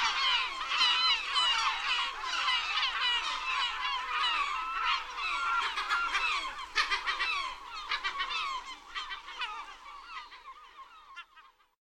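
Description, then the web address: Herring gull flock calling continuously, many overlapping mewing and yelping notes forming a busy chorus that fades away toward the end. "Solvmage"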